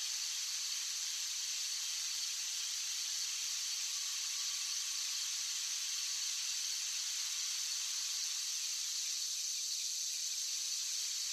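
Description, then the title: Cicadas droning, a dense unbroken high-pitched hiss that stays level from start to finish. Cicadas singing outdoors on a warm summer night. "17 Minute Rosary - WEDNESDAY - Glorious - CICADA SONG"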